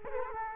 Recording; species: mosquito wingbeat signal from an infrared sensor; Culex quinquefasciatus